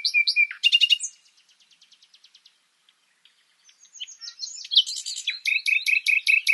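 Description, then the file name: Common nightingale song: loud repeated notes, a fading series of soft pulses, a brief pause, then loud rich phrases ending in a fast, evenly repeated note series. "Luscinia megarhynchos"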